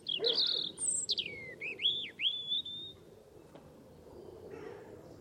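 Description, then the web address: European robin song: a high, sweet phrase of whistled notes sliding down, then several quick looping slurs, followed by quiet background. "cianscape birddata Deverinetal Bird Only Er Ru"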